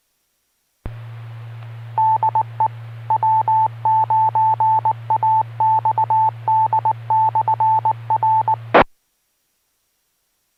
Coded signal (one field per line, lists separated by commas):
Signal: Morse code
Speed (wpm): 19 wpm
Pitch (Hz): 880 Hz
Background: none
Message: DE W9AXD/R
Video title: Friday Night Fun Net | Amateur Radio Worldwide Live Stream Radio | KD9MED